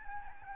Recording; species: mosquito wingbeat signal from an infrared sensor; Aedes albopictus